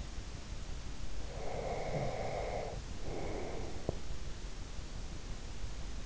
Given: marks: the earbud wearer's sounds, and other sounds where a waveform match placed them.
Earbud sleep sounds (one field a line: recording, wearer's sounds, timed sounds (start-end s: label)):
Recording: sounds in sleep by an in-ear microphone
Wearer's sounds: breath, teeth grinding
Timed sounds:
1.15-4.12 s: breath
3.75-3.98 s: teeth grinding